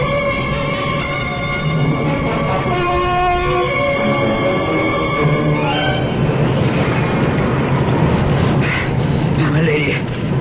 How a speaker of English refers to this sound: The ship capsized, and then I don't remember going into the water.